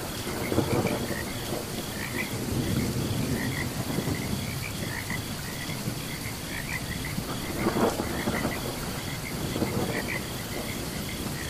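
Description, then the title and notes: Frogs chirp in dense overlapping clusters as rain falls and thunder rumbles. Frogs calling during a thunderstorm. "Frogs and Crickets Chirping During Thunderstorm. Sleep and Relaxation Podcast"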